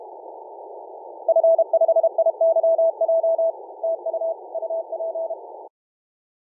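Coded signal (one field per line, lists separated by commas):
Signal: Morse code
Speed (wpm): 32 wpm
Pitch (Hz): 660 Hz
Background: none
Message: F5IYJ TU UP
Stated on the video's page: Ham radio CW operation from Bouvet Island on the 17 m band.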